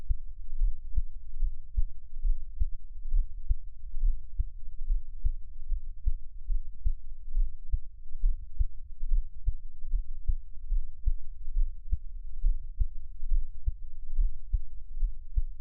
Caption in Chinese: 台灣ASMR | 獻上我的心跳 | Give my Heartbeat | NO Talking。